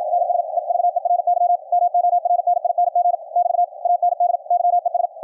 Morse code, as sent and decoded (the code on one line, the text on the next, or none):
-. ... / . ...- . .-. -.-- / -- --- .-. -. .. -. --. / -...- / .- -. -.. / -.-- . ...
NS EVERY MORNING <BT> AND YES